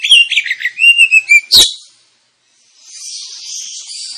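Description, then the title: Oriental magpie-robin song: rapid loud whistled and trilled phrases for over a second, then a pause and faint chattering. Indonesian lure recording (pancingan) of a kacer, played to provoke other kacer birds into singing and challenging; described as persistent, full 'tembakan' song phrases. "KACER NGOTOT FULL TEMBAKAN. Kacer dimana SAJA Bakalan NGEPLONG GACOR dengan Pancingan Kacer ini"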